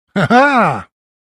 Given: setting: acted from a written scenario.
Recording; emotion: vocal sound without words; positive surprise